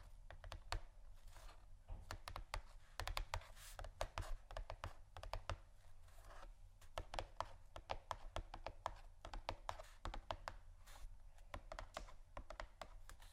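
Quick tapping and scratching on cardboard boxes, a dense, irregular run of sharp clicks and brushy scrapes that continues throughout. Some bursts cluster into rapid rattles, others land singly. A steady low hum sits underneath the whole time.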